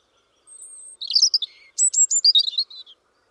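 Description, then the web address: European robin song: a thin, high sustained whistle opens, then a quick tumble of sweet, twittering notes and a short dry trill, ending in a descending warble. "Deverinetal 2025 File origin Bird Only Er Ru"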